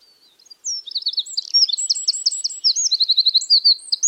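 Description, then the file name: Eurasian wren song, a vigorous stream of high, sharp chirps and quick trills delivered without pause. "Troglodytes troglodytes"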